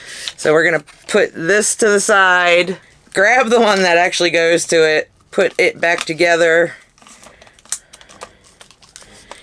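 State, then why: Seated. A matching plastic toy blade is put back into a Hasbro Star Wars Power Crystal toy lightsaber hilt after a dark saber blade failed to fit. Someone talks for most of the clip, then there are light handling noises and a sharp click at 7.7 s, followed by smaller ticks. The blade clicks into place in the hilt because it belongs to it.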